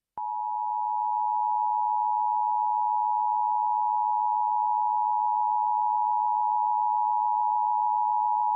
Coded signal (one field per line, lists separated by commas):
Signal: Emergency Alert System (SAME) tones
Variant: 853 and 960 Hz attention tone